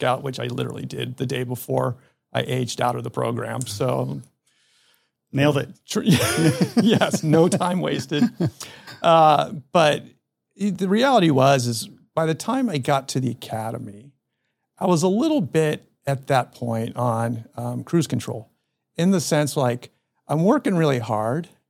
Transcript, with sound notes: Which I literally did the day before I aged out of the program. So-
Nailed it. [laughs]
Yes, no time wasted. Uh, but the, the reality was is by the time I got to the Academy, I was a little bit at that point on, um, cruise control, in the sense like I’m working really hard,